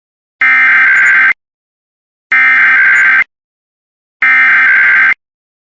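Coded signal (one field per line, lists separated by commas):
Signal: Emergency Alert System (SAME) tones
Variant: header bursts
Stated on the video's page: Fifteen stacked headers on WJON radio: severe thunderstorm warnings, watches, EAS tests and a tornado warning.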